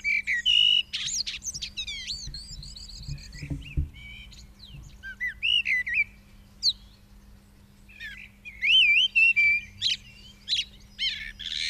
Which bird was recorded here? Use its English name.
Common Blackbird